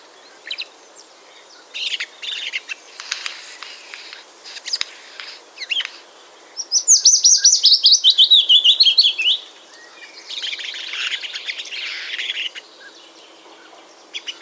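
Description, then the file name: Eurasian jay giving rasping, noisy screeches in scattered bursts, with a quick trilled, warbling phrase in the middle and a soft background hiss. "Garrulus glandarius"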